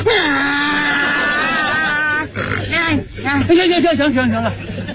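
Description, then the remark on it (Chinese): A man doing vocal mimicry (kouji) imitates a donkey's bray with his voice, producing loud, drawn-out strained tones that rise and fall, then break into a series of rhythmic hee-haw gasps and honks. “尤其是我学个鸡鸣犬吠百鸟齐鸣，我比他们学的都像，因为我从3岁就会学猫叫，4岁的时候就会学狗叫，到现在我连驴叫我都能学。你要不信我给你学学。”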